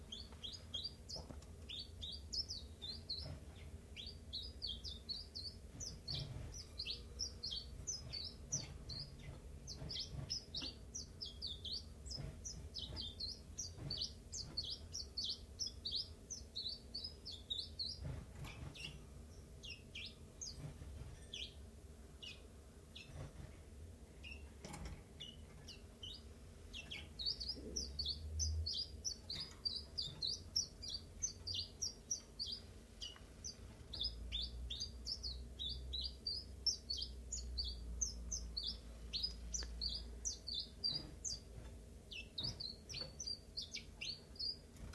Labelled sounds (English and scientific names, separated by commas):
Common Chiffchaff (Phylloscopus collybita)